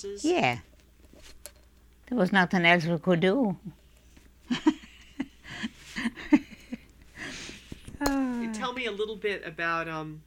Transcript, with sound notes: Yeah. There was nothing else we could do. ( she laughs ) Ahh.
Tell me a little bit about